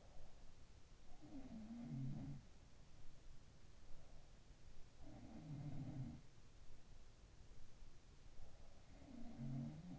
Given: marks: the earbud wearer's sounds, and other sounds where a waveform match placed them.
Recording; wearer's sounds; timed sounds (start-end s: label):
sounds in sleep by an in-ear microphone; breath
0.00-0.50 s: breath
1.07-3.08 s: sound from someone else or the room
4.78-7.10 s: sound from someone else or the room
8.74-9.99 s: sound from someone else or the room